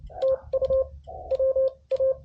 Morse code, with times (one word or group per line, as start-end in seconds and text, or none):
0.2-0.8 TU
1.3-2.1 WA